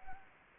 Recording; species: mosquito wingbeat signal from an infrared sensor; Anopheles gambiae